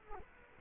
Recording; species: mosquito wingbeat signal from an infrared sensor; Culex quinquefasciatus